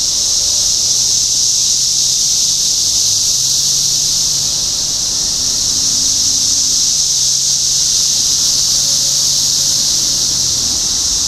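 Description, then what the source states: Cicada chorus forms a constant shrill buzzing wash. Cicadas recorded in Topeka, Kansas, on 14 June 2015.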